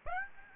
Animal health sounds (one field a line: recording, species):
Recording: mosquito wingbeat signal from an infrared sensor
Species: Aedes aegypti